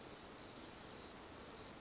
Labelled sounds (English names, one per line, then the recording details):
Oak Titmouse
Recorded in Sonoma County, California